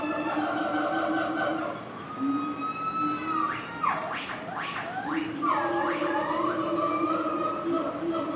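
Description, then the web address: Monkey calls, a cluster of quick sweeping squeals around the middle, framed by sustained whining tones and a constant low droning hum. Recorded at a monkey cage in a zoo. "sound-effects-bible Zoo Monkey Cage"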